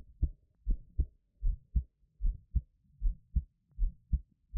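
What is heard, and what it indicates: Steady paired low thumps at about 78 beats a minute, an adult heartbeat heard up close, with no talking.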